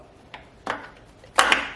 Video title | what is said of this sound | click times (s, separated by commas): Ford Ranger Oil Pump Removal & Install | there we go popped into place for us | 1.4 s